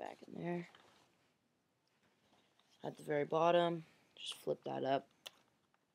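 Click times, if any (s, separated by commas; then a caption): none. Someone talks while handling the plastic battery compartment door at the bottom of a Canon EOS Rebel T4i DSLR camera body, flipping it up after the battery goes back in. A brief, sharp tick is heard near 5.3 s. The door has not latched shut yet, and nothing has clicked into place.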